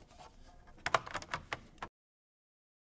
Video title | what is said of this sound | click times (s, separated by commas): HP 15-CS Laptop - How To Remove HDD and Install SSD | okay now the cover is snap in place going to put the screws back in | 0.9 s, 1.0 s, 1.5 s